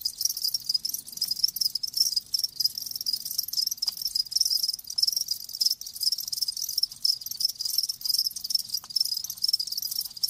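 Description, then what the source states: Cricket chorus, a constant shrill pulsing trill without pause. Live crickets chirping in a lulling song.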